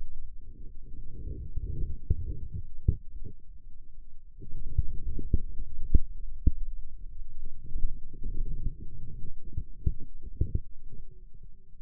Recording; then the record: forearm muscle sounds (acoustic myography)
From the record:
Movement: radial deviation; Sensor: system 2, bracelet of six BSWA MPA416 microphones around the upper forearm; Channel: 6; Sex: male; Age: 22 years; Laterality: right